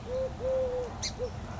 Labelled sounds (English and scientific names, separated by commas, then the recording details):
Eurasian Collared Dove (Streptopelia decaocto)
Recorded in Sonoma County, California